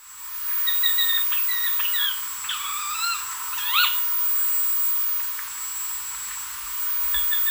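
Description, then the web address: Greater Scythebill calls: scattered clear whistled notes, some level and some rising or falling, with a sharp rising note midway, over a steady faint hiss. Recorded in Ecuador. "Birds of Ecuador 2. Greater Scythebill"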